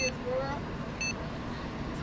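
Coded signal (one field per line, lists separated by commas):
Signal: beep code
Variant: accessible locator tone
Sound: short high beeps repeating once a second over street traffic and voices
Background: city traffic, voices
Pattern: 2 short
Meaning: Guides vision impaired passengers to the button that plays audible bus schedules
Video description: it's to guide vision impaired passengers where to press the button to hear audible bus schedules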